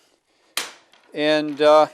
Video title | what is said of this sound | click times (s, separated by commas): Feathercraft Wisper Folding Kayak | And then the other pieces just snap into place. We call that a snap fit. | 0.6 s